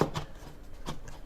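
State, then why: Not seated. A plastic trim piece that fits between the bumper and the body of an Acura NSX NC1 is handled, its two divots lined up with the holes in the bumper. Short, light handling noises are heard, including brief sharp taps near 0.0 and 1.1 seconds. Nothing has seated or clicked yet.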